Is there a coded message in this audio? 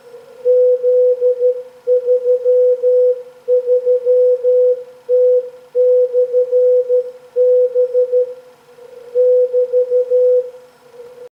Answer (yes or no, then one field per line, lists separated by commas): yes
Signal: Morse code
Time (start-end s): 0.5-10.4 s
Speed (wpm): 12 wpm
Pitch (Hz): 500 Hz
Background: none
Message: Z33T/B <BT>